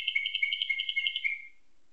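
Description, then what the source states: Atlantic canary trill: a fast, even series of bright pulses, about eleven per second, ending in a short held note. Song tutored with nightingale song (isian style).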